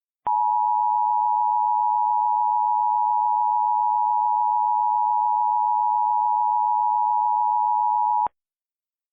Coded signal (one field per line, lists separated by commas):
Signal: Emergency Alert System (SAME) tones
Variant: 853 and 960 Hz attention tone